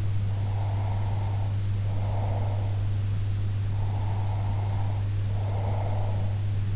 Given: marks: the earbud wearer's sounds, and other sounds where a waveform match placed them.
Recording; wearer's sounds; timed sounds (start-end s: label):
sounds in sleep by an in-ear microphone; breath
0.30-2.81 s: breath
3.73-6.36 s: breath